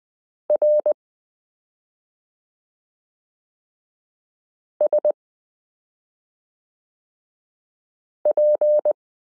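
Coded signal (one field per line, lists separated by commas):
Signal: Morse code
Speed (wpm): 20 wpm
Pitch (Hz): 600 Hz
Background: none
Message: RSP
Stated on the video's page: Morse listening lesson 8 of a Koch-method course, using the characters m k r s u a p t l.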